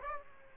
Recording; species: mosquito wingbeat signal from an infrared sensor; Aedes aegypti